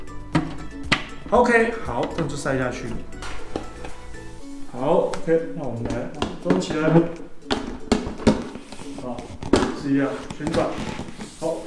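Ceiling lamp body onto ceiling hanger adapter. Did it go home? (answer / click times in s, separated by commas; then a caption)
yes / 7.9 s. A dimming ceiling lamp body is lifted onto its ceiling hanger adapter and rotated until its plastic latch catches, giving a sharp click at 7.9 s. The lamp is seated and snapped in so it will not come down. Someone talks throughout over background music, with several other sharp taps and knocks along the way.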